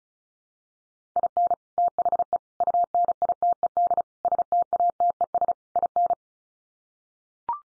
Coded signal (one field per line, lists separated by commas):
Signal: Morse code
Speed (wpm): 34 wpm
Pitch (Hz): 700 Hz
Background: none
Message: IN THE UNITED STATES IN